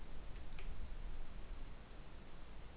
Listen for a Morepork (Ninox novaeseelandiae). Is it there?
no